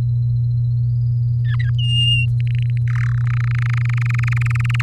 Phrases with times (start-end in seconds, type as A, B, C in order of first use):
1.44-1.70 A, 1.78-2.26 B, 2.40-2.78 C, 2.87-3.12 D, 3.14-4.82 E